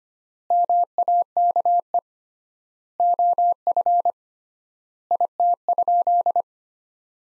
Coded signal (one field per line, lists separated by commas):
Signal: Morse code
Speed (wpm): 25 wpm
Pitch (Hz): 700 Hz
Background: none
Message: MAKE OF IT?